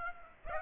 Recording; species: mosquito wingbeat signal from an infrared sensor; Aedes aegypti